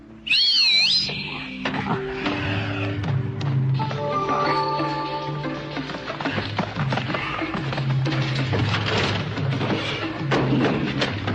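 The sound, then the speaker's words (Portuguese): A wild cat in the back seat lets out a loud, high, wavering yowl in the opening second, followed by a long, busy stretch of sustained tones, thumps and clatter with no talking. “A gente tinha um gato selvagem no banco de trás.”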